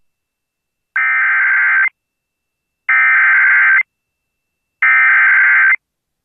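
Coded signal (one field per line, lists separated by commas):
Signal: Emergency Alert System (SAME) tones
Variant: header bursts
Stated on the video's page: Severe thunderstorm warning relayed by an FM radio station, heard through its stream on an iPad.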